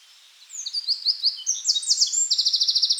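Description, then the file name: Eurasian wren song: a rapid, high-pitched outpouring of sharp notes and buzzy trills that builds quickly and ends in a fast trill. "Troglodytes troglodytes"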